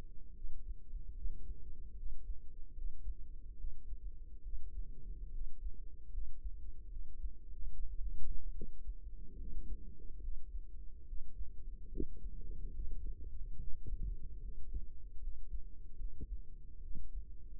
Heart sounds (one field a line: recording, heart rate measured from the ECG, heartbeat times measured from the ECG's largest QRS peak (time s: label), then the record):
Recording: heart sounds by microphone in the right ear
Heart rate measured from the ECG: 73 bpm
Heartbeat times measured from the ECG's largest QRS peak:
0.33 s: heartbeat
1.13 s: heartbeat
1.94 s: heartbeat
2.73 s: heartbeat
3.55 s: heartbeat
4.41 s: heartbeat
5.30 s: heartbeat
6.09 s: heartbeat
6.87 s: heartbeat
7.68 s: heartbeat
8.51 s: heartbeat
9.35 s: heartbeat
10.19 s: heartbeat
11.04 s: heartbeat
11.87 s: heartbeat
12.70 s: heartbeat
13.56 s: heartbeat
14.39 s: heartbeat
15.18 s: heartbeat
15.95 s: heartbeat
16.79 s: heartbeat
From the record:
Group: healthy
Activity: rest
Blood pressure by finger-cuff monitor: 124/80 mmHg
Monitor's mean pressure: 98 mmHg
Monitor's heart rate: 73 bpm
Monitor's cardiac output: 5.7 L/min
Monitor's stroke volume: 77 mL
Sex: male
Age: 35 years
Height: 178 cm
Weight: 64 kg